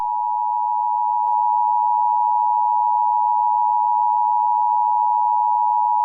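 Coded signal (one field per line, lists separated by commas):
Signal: Emergency Alert System (SAME) tones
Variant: 853 and 960 Hz attention tone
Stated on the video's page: Fictional EAS scenario, simulated alert, made with Clipchamp.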